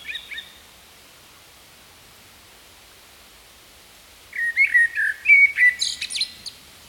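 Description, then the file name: Common blackbird song: a faint opening note, a pause, then a mellow low whistled phrase that breaks into a high squeaky twitter near the end. "Turdus merula"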